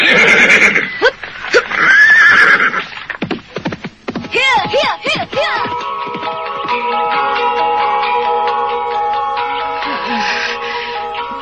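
A soldier's horse lets out a loud, quavering whinny that rises and wobbles in pitch, then trails into a long, shaky neigh, with scuffing hoof noises and rough clatter early on.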